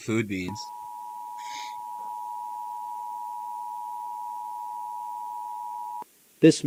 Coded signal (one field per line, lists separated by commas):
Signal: Emergency Alert System (SAME) tones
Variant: 853 and 960 Hz attention tone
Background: speech